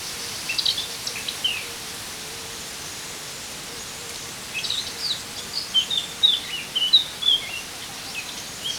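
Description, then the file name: Eurasian blackcap warbling, a few high thin notes early, then a faster run of clear whistled and chirping phrases from about five seconds, over steady background hiss. "Sylvia atricapilla"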